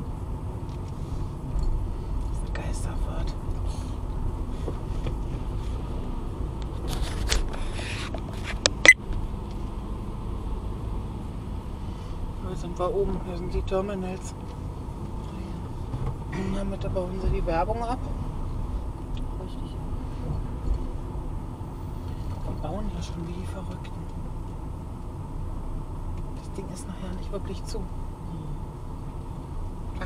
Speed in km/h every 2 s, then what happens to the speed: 20, 20, 20, 20, 20, 18, 20, 22, 23, 23, 22, 18, 17, 17, 18.
0-10 steady at about 20. 18-23 slows to 17. 23-30 steady at about 17.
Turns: 19-25.